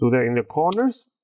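During a RAM upgrade on an HP 15 EH0003 laptop, the corners at the back end of the plastic bottom cover are being handled so its clips can be pressed down to snap into the palm rest. In this 1.2-second clip someone talks throughout, with no click or snap heard. Nothing has seated or clicked yet.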